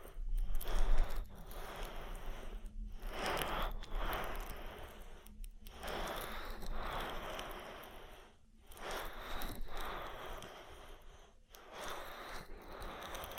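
Oily ear massage with wet, rubbing friction in surging waves, broken by brief silent gaps about every few seconds over a low rumble.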